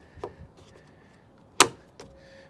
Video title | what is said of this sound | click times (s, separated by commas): Unveiling Excellence: Watch the review & install video for OEDRO Quad-fold Truck Bed Tonneau Cover! | and that locks into place so this way when you fold it this isn't going to be in the way | 1.6 s